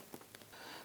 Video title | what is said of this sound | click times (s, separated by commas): How to Replace Front Lower Ball Joints 2006-2010 Hummer H3 | And then snap it over. | 0.4 s